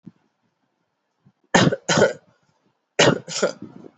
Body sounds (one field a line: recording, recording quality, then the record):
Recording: shallow voluntary cough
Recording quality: excellent, no background noise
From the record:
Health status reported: healthy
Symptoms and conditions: none ticked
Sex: male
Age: 18 years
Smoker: not ticked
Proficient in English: yes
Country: India